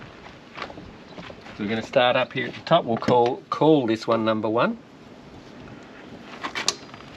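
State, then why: Torque reached. Someone talks while a steel torque wrench set to 140 Nm tightens the first wheel nut on a caravan wheel. A sharp click sounds at 6.7 s as the wrench reaches its setting, confirming the nut is correctly torqued.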